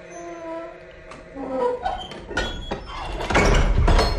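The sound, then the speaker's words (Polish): A heavy prison cell door is opened by a guard: a high, wavering creak of hinges gives way to rough metallic scraping and a few dull clunks, growing louder toward the end. “Mężczyzna, starając się opanować drżenie rąk, otworzył drzwi.”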